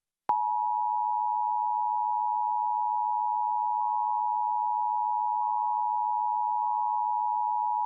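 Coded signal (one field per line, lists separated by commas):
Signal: Emergency Alert System (SAME) tones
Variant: 853 and 960 Hz attention tone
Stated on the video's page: Sacramento TV EAS tests and severe thunderstorm warnings, captured as audio only.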